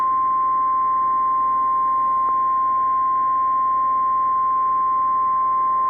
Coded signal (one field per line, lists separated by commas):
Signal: Emergency Alert System (SAME) tones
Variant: 853 and 960 Hz attention tone